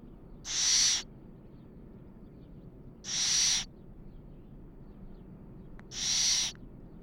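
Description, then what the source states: Little owl begging calls: three harsh, hissing bursts, each about half a second long, repeated roughly every three seconds over a faint low background rumble. Begging calls of two juveniles.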